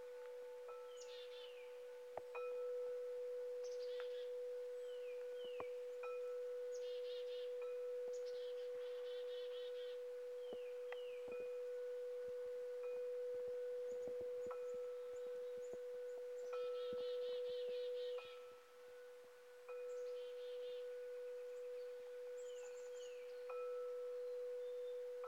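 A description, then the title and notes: Wind chimes ring in a soft breeze, their bright, high tones struck every second or two in loose clusters throughout. Under them a steady mid-pitched hum holds without a break, briefly dropping away around nineteen seconds before returning. Wind Chimes in Moonlight. As the night breeze gently caresses the chimes.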